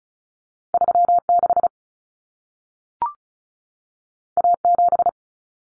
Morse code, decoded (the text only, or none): 36 A7